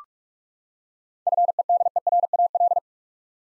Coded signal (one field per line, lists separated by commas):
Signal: Morse code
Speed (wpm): 42 wpm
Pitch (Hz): 700 Hz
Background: none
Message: FEDERAL